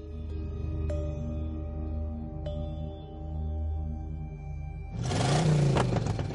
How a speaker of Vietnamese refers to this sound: Tiếng động cơ xe gầm lên hết cỡ, đưa cả đám lao vút ra khỏi ao bà ôm, đi theo đường quốc lộ hướng về xã Lưu Nghiệp Anh, nơi có thần điện lưu cự.